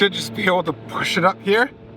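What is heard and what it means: A boat fitting is handled as it is pushed up into its mount, while someone talks throughout. Nothing has seated or clicked yet.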